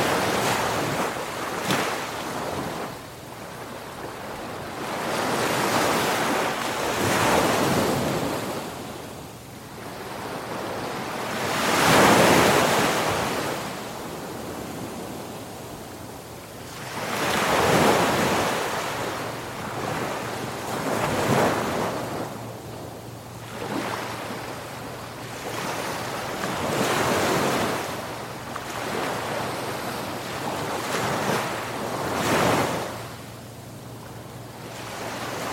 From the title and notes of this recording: 1 Hour of Ocean Waves Sounds.